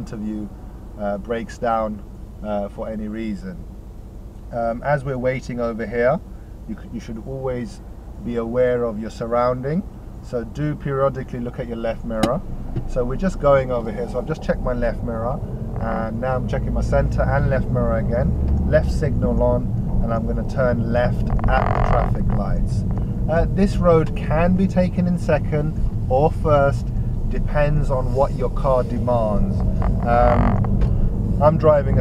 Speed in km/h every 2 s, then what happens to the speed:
0, 0, 0, 0, 0, 0, 6, 15, 19, 21, 23, 18, 11, 18, 26, 31.
0-10 standing. 10-20 pulls away to 23. 20-23 brakes to 11. 25-32 speeds up to 31.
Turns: 21-25.